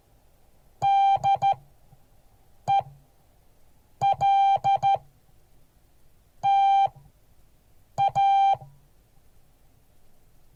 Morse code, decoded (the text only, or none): DELTA